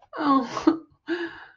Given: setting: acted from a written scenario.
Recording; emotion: vocal sound without words; sadness